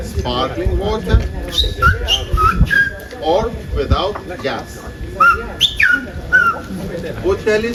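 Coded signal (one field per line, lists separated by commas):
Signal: whistled language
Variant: Silbo Gomero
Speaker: what you're hearing or what what you've just heard is the native uh whistle language. Official uh language of these islands.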